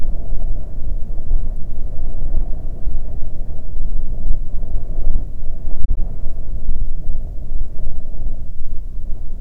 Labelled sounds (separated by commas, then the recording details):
wind
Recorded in the Prudhoe Bay oil fields, Alaska, on 15 May 2019 at 00:30
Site 24